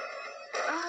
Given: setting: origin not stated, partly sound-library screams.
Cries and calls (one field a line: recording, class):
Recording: one-second piece from a danger detection set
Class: woman in danger